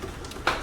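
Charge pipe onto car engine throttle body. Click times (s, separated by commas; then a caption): 0.5 s. A J-shaped APEXBUILT titanium charge pipe is set onto the throttle body of a BMW F80 M3 engine while the charge cooler is lifted. A quiet lead-in gives way to a single sharp snap at 0.5 s. The pipe is seated properly on the throttle body.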